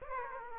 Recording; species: mosquito wingbeat signal from an infrared sensor; Aedes aegypti